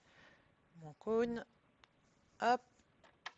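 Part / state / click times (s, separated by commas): thread into a serger upper-looper thread guide / seated / 3.3 s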